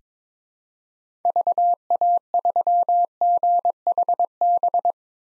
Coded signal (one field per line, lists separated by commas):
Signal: Morse code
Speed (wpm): 21 wpm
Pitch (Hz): 700 Hz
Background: none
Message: VA3GHB